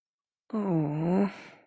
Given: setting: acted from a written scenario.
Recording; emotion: vocal sound without words; negative surprise